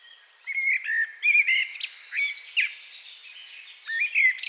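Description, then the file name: Common blackbird song, a continuous run of mellow whistled notes mixed with sharp, high-pitched squeaks and twitters. "Turdus merula"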